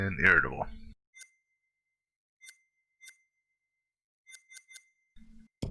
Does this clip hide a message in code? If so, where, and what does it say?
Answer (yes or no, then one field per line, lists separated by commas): no